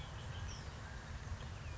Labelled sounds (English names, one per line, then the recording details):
Red-winged Blackbird
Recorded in Sonoma County, California